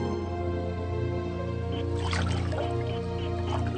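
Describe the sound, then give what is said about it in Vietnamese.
A boat leaves the landing and moves through water, with a low steady drone underneath and splashing, sloshing water that grows busier partway through. No one speaks. “Mãi đến khi ghe đã rời bến rồi,”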